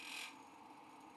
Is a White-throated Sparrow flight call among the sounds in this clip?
no